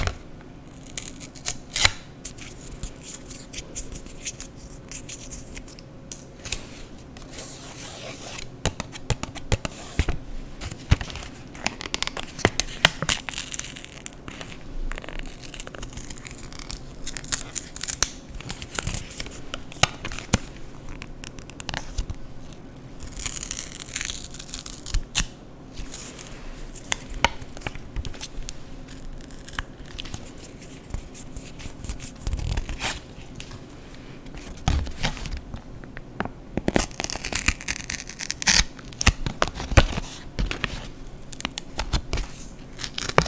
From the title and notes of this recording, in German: Scheren- und Schneidesounds. In dieser Folge zerschneide und zerreiße/knülle ich Papier.